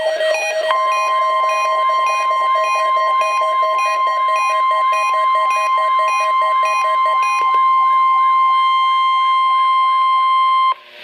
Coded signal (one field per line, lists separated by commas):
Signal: Emergency Alert System (SAME) tones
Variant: 1050 Hz attention tone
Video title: Required Weekly Test - 08/28/13 (EAS #526)